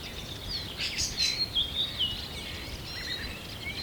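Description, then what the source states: Birds chirping and squeaking in a quick burst during the first two seconds, then softer scattered twitters against a hiss of background noise. At sunrise.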